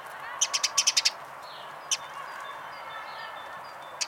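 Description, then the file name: House sparrow giving a quick run of about seven chattering notes, then a single note, faint chirps, and another note at the end. "Passer domesticus"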